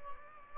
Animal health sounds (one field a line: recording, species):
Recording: mosquito wingbeat signal from an infrared sensor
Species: Aedes albopictus